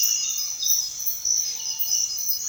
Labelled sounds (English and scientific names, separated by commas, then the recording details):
none
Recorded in secondary vegetation near Puerto Asís, Putumayo, Colombia, on 29 June 2025 at 06:00
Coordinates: 0.498, -76.327
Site GP09